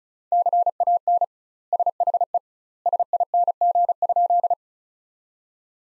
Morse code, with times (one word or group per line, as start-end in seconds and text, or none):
0.3-1.2 CAN
1.7-2.4 SHE
2.9-4.5 SING?